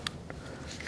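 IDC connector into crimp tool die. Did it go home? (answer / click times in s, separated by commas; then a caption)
no / none. An IDC connector is handled at the plastic die of a crimp tool, being lined up to go in along the direction of the arrow toward its first detent. A sharp tick at 0.1 s and softer taps around 0.3, 0.8 and 0.9 s are heard over quiet background noise. Nothing has seated or clicked yet.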